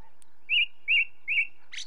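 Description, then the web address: Ring ouzel piping three clear whistled notes about half a second apart, followed by a brief scratchy burst. Recorded with the song of a second bird. "BBC Sound Effects Library. Ring Ouzel"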